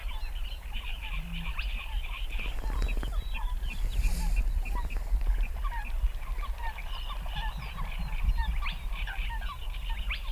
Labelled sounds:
Spotted Crake (Porzana porzana)
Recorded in the wild
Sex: male
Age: adult
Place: Kützerhof, Kummerower See, Mecklenburg-Vorpommern, DE
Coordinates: 53.8428, 12.8381
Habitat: wetland
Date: 2009-05-05 20:50
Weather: bewölkt, fast windstill, 10°C
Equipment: Sound Devices 702, Sennheiser MKH 70, Rycote Windschutz
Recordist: Frommolt, Karl-Heinz

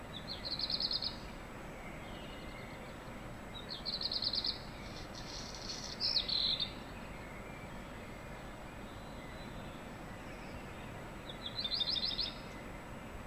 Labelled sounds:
Black Redstart (Phoenicurus ochruros)
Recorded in the wild
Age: adult
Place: Untertweng, AT
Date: 1972-05-14
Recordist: Brunner, Thomas

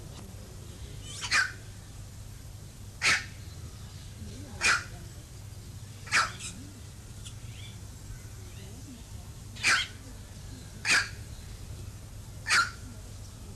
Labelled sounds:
Bare-throated Bellbird (Procnias nudicollis) call
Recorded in captivity
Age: adult
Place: Zoo Berlin, Berlin, DE
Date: 2005-08-17 12:47
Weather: fair, 18°C
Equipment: Panasonic RQ-2102, Sennheiser ME 80, Kopie Uher 4000 Report Monitor
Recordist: Tembrock, Günter
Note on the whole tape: Lautfolgen

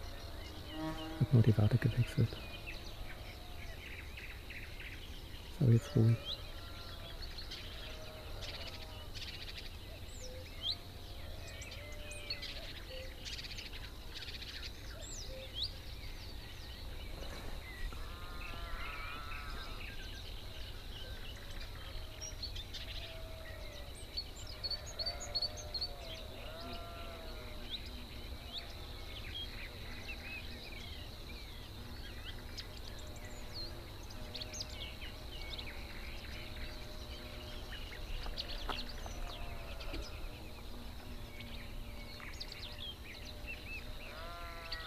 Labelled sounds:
Red-backed Shrike (Lanius collurio)
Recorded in the wild
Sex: male
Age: adult
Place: Gartz (Oder), Nationalpark Unteres Odertal, Brandenburg, DE
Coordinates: 53.1372, 14.3712
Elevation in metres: 1
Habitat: meadow
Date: 2014-05-07 20:14
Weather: cloudy, 18°C, almost windless
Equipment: Sound Devices 702, Sennheiser MKH 70, Rycote Windschutz
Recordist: Frommolt, Karl-Heinz

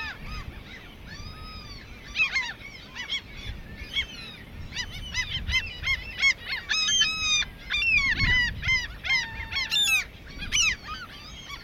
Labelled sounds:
Common Gull (Larus canus) call
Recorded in the wild
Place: Langenwerder, Mecklenburg-Vorpommern, DE
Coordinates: 54.027, 11.493
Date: 1969-06-05
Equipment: Nagra III BH, Sennheiser MD 421
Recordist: Schubert, Michael

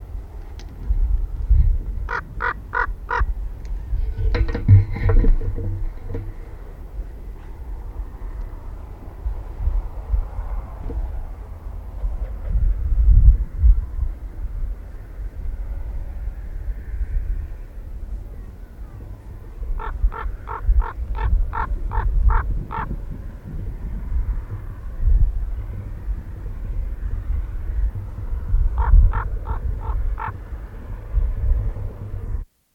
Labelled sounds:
Common Raven (Corvus corax) call
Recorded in the wild
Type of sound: call
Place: Banzelvitzer Berge, Rügen, Mecklenburg-Vorpommern, DE
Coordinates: 54.53, 13.4
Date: 1968-10-26
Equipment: NAGRA III BH, Sennheiser MD21 mit Reflektor (d=75 cm, Glasfiber) und Stativ
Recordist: Schubert, Michael
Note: Kolkrabe

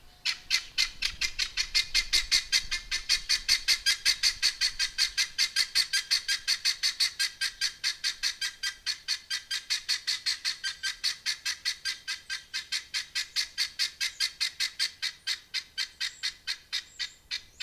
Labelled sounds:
Helmeted Guineafowl (Numida meleagris) call
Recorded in captivity
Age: adult
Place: Tierpark Berlin, Berlin, DE
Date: 1990-04-25 18:15
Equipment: Uher 4400 Report Monitor, Sennheiser ME 80, K 30 AV
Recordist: Fischer, Stefan
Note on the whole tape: Rufe

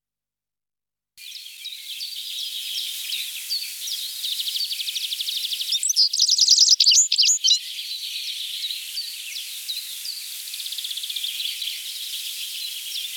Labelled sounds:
Citril Finch (Carduelis citrinella) song
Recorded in the wild
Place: Kandel /Schwarzwald; Waldkirch, Baden-Württemberg, DE
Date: 1984-07-01
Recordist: Schwarz, Dieter

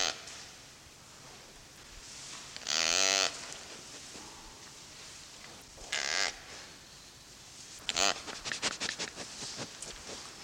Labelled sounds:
Sitatunga (Tragelaphus spekii)
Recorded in captivity
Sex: male
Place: Zoo Berlin, Berlin, DE
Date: 1987-02-06 09:50
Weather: cloudy, windy 3°
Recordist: Tembrock, Günter

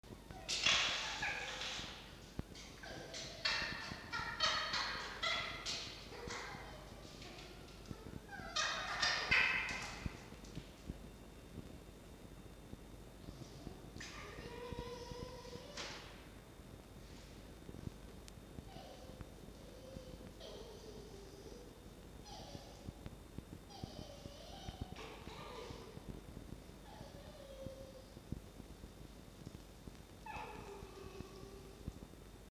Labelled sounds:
Red Fox (Vulpes vulpes)
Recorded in captivity
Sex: diverse
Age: diverse
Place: Zoologisches Institut der HUB, Berlin, DE
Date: 1952-11-13 18:17
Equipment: Elmetra
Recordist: Tembrock, Günter
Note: Toni (mit Blick auf Mucki): Murmeln

